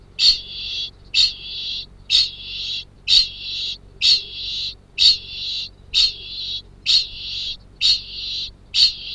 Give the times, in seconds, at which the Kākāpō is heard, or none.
0.17-9.14